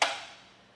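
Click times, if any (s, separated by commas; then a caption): 0.0 s. The metal tilt latch of a Benton ShiftShow hitch-mounted hanging bike rack for 4 bikes, B94FR, on a 2022 Toyota 4Runner, locks into its base as the tilted mast is lifted back to its upright seated position. A single sharp, knock-like click lands at 0.0 s and fades out over the rest of the clip. The latch engages and the mast is seated upright.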